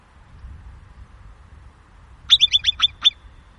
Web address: himalayan marmot